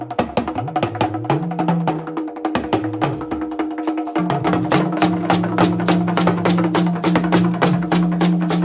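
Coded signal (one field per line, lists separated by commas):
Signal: talking drum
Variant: Yoruba dundun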